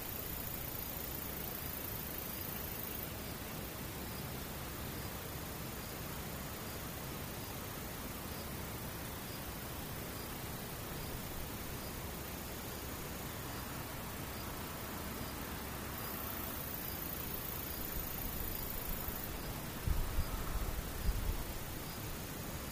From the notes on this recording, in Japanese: 無音遠くにムシ